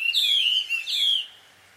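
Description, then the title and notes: Bird calls, two squeaky, slightly falling chirps in quick succession, then quiet. A pair of birds quarrelling at dusk, recorded in Takao, Japan; field recording. "鳥の夫婦喧嘩 – Birds Quarrel At Dusk. Recorded in Takao Japan"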